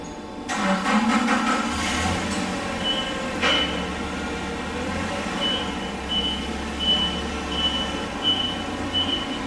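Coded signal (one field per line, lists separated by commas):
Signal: alarm pattern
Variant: truck reversing beeper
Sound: rattling, rumbling truck engine with faint regular high beeps about once a second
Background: truck engine rattle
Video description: Truck reversing past with Beep Beep, back up alarm or reverse buzzer or beeper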